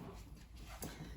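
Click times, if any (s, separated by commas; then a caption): 0.8 s. A Ryobi 20-inch 40-volt battery-powered lawn mower's handle is set to one of several height levels, and the handle height lock on the mower frame clicks in. A sharp click is heard at 0.8 s against low background noise, and the lock is seated.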